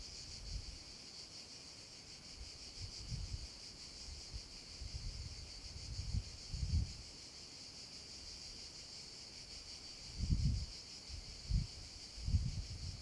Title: Cava abbandonata - Vento e cicale nella cava